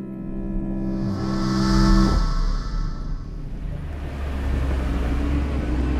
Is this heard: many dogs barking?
no